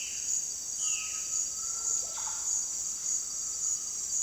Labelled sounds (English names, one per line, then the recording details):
Violaceous Jay
Undulated Tinamou
Russet-backed Oropendola
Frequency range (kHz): Violaceous Jay 2.1-3.6 kHz; Undulated Tinamou 1.0-1.8 kHz; Russet-backed Oropendola 0.1-2.8 kHz
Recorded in dense forest near Puerto Asís, Putumayo, Colombia, on 20 February 2024 at 07:30
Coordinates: 0.466, -76.327
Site G6413